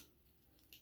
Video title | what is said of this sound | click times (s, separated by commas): 86 Blurr: Absolutlypositivilydefinatly: Studio Series 86: Blindformers 21 | come on now, and everything you hear clicks, you hear that click, that's good. That means your legs have connected. | 0.7 s